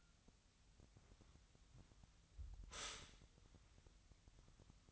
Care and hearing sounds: daily activity, microphone in the room; stop toaster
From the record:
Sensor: 3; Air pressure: 1001.9 hPa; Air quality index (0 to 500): 246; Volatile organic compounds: 49 ppm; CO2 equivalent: 3282 ppm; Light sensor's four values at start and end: 13/40/17/15 and 13/40/17/15

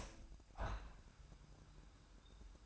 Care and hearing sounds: daily activity, microphone in the room; open window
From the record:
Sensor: 2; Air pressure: 998.4 hPa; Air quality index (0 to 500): 137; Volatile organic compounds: 4 ppm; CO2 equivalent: 1559 ppm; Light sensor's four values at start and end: 7/16/7/7 and 7/16/7/7

